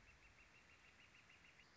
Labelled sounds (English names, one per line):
Northern Flicker